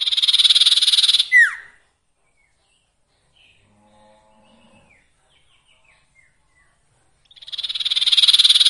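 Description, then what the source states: Sirtu song: a loud buzzy trill with a quick falling whistle, a long near-silent gap with faint soft notes, then the buzzy trill returns. Masteran training recording for cage birds, with the full range of song variations.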